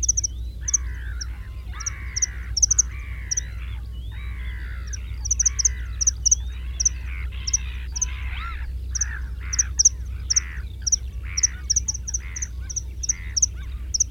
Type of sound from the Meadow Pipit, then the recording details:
call. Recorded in the wild. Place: Lieschow, Insel Rügen, Mecklenburg-Vorpommern, DE. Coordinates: 54.433, 13.172. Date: 1975-05-25. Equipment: Nagra III BH, Sennheiser MD 21, parabola. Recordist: Schubert, Michael